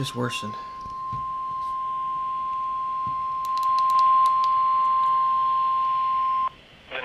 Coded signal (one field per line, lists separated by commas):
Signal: Emergency Alert System (SAME) tones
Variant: 1050 Hz attention tone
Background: speech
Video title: SEVERE WEATHER IN NORTH CAROLINA | EAS Timeline (EAS ALERTS 82-93)